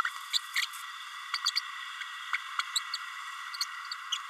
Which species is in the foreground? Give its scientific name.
Forpus passerinus